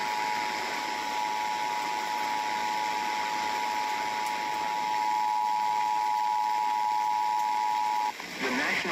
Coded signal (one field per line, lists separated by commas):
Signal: Emergency Alert System (SAME) tones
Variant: 853 and 960 Hz attention tone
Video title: An SVR and a TOR-C (EAS, May 14, 2020)